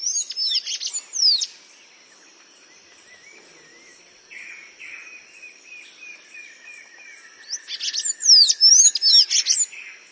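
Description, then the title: Bird singing bursts of high, quick sweeping chirps at the start and again near the end, with a steady high insect drone and softer buzzy notes between. "LuckyPassaro Completos2Sama"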